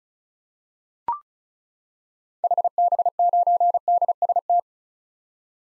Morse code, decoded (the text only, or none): HB9DST